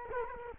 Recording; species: mosquito wingbeat signal from an infrared sensor; Culex quinquefasciatus